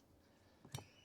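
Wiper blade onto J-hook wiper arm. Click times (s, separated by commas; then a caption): 0.8 s. A new Bosch wiper blade is pushed onto the J-hook of the metal wiper arm on a Rivian R1T/R1S until its plastic adapter clicks home. A faint soft contact sound comes just before a sharp, bright click at 0.8 s. The blade is seated on the arm.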